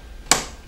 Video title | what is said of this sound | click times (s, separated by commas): DoshTech 2014 PC build Part 1 CPU, Motherboard and RAM | click on the other side and two gigs in there | 0.3 s